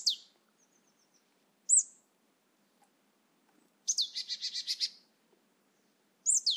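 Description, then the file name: Marsh tit calling with sharp, high, down-slurred notes, then a fast buzzy run of several chattering notes, followed by another sharp call. "Poecile palustris"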